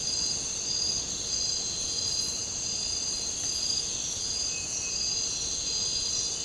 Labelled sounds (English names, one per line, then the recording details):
none
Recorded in dense forest near Puerto Asís, Putumayo, Colombia, on 13 March 2025 at 02:30
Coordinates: 0.467, -76.328
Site G041